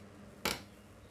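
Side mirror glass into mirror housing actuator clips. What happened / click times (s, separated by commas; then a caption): The plastic backing plate snapped into its clips / 0.5 s. Side-mirror glass with its plastic backing plate, on the turn-signal mirror of a 2017 facelift Suzuki Ertiga type 3, is carefully pressed back into the mirror housing's actuator clips where it still feels loose. A single sharp click is heard at 0.5 s over faint background noise, as the glass seats into its clips.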